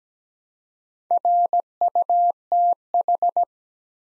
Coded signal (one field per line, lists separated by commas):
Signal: Morse code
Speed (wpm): 17 wpm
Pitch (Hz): 700 Hz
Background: none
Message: RUTH